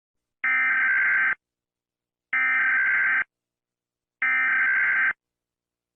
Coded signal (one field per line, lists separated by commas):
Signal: Emergency Alert System (SAME) tones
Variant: header bursts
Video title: The Awakening EAS Scenario Unofficial Epilogue : The Full Series